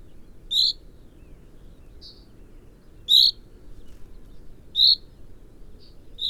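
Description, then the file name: Common chaffinch calls: crisp, high single notes, three loud ones and a few softer, spaced unevenly a second or more apart, over faint low background noise. "Fringilla coelebs"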